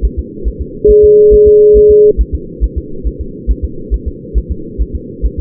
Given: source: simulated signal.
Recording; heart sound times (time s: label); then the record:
fetal heart sounds
0.05 s: S1
0.19 s: S2
0.48 s: S1
0.62 s: S2
0.91 s: S1
1.04 s: S2
1.34 s: S1
1.48 s: S2
1.77 s: S1
1.91 s: S2
2.21 s: S1
2.35 s: S2
2.64 s: S1
2.78 s: S2
3.07 s: S1
3.21 s: S2
3.51 s: S1
3.65 s: S2
3.94 s: S1
4.08 s: S2
4.38 s: S1
4.51 s: S2
4.82 s: S1
4.96 s: S2
5.26 s: S1
5.40 s: S2
From the record:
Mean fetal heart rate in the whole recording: 140 bpm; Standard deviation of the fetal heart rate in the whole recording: 2 bpm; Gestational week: 34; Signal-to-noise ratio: -4.3 dB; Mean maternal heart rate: 72 bpm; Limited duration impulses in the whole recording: present